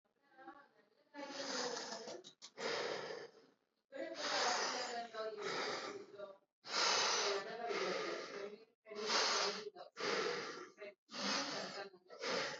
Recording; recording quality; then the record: deep breathing; moderate, slight background noise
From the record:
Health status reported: healthy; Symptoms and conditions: none ticked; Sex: male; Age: 21 years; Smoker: not ticked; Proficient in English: yes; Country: India